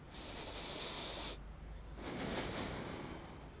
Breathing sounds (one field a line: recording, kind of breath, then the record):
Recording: one breath in and out by a microphone near the nose and mouth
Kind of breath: deep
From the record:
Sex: male